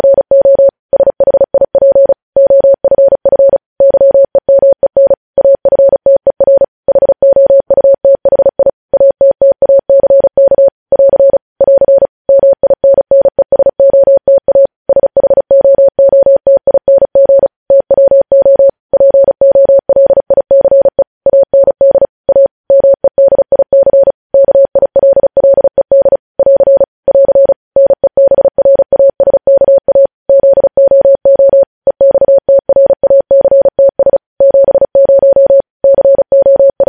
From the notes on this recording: Morse code